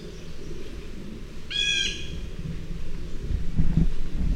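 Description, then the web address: Blue jay giving a single harsh, nasal call lasting about half a second, over a steady low rumble of background noise. "Outdoor Ed Girl Scout Blue. Jay"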